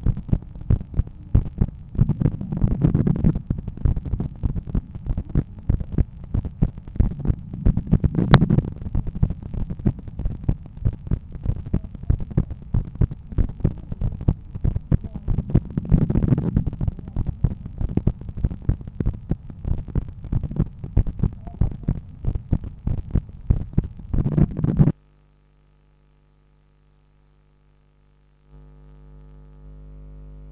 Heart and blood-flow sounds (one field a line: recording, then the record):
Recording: heart sounds by stethoscope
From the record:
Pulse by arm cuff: 93 bpm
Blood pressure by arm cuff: 145/88 mmHg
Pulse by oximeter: 95 bpm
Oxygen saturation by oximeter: 96%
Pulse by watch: 103 bpm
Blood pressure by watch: 128/84 mmHg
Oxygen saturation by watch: 97%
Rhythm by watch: sinus rhythm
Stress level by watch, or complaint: low stress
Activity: after 5 min smoking and 1 beer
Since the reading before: plus 400 steps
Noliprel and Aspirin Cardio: no pills today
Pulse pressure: 57 mmHg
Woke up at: 7:30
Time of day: 17:50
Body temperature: 36.4 C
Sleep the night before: 9 h 22 min, score 68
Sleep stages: REM 22%, light 66%, deep 4%, awake 8%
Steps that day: 11800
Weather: sunny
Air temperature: 21 C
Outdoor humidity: 65%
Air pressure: 1014 hPa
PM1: 4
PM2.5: 6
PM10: 8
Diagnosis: hypertension, treated with Noliprel and Aspirin Cardio 100 mg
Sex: male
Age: 53 years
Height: 174 cm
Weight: 81 kg